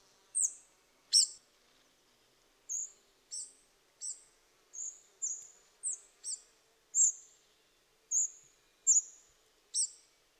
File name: szurke legykapo hangja